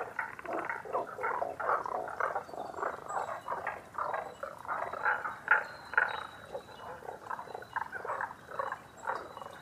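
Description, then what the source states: Tago's brown frog chorus: steady stream of short raspy croaks, roughly two per second, with several frogs overlapping throughout. Recorded 11 June 2010 at 18:05.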